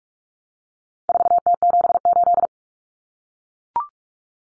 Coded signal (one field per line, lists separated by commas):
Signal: Morse code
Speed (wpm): 44 wpm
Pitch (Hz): 700 Hz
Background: none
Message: 4T78